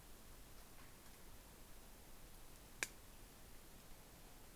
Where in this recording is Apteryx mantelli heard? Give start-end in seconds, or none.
none